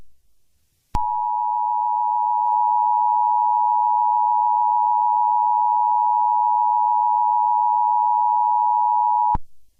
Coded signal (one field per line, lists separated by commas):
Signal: Emergency Alert System (SAME) tones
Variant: 853 and 960 Hz attention tone